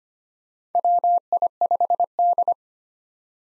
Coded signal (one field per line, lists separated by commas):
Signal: Morse code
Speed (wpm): 25 wpm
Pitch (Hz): 700 Hz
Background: none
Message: WI5D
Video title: 2023 POTA Activator Call Signs - 25wpm